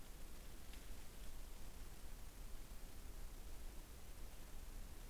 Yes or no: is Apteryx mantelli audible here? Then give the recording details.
no. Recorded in New Zealand on 21 November 2014. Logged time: 01:28. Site CL78